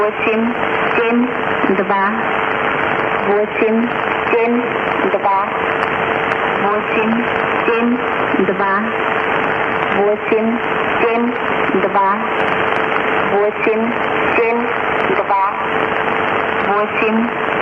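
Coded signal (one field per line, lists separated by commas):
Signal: numbers station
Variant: S06s, Russian male voice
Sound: short spoken words at even intervals under heavy static, with a faint steady hum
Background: radio static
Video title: S06s 13165kHz 0910z 07 10 2013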